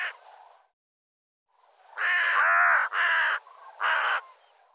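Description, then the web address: Bird giving coarse cawing calls: a faint call, a pause, then a long drawn caw followed by two shorter harsh caws. "cianscape birddata"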